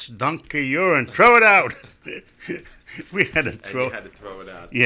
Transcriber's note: he laughs